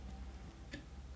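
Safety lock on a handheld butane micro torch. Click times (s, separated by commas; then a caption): 0.7 s. The safety lock on a handheld butane micro torch is rolled forwards so it comes out from underneath and disengages. A single small tick is heard at 0.7 s over a quiet, steady low hum, and the lock is released.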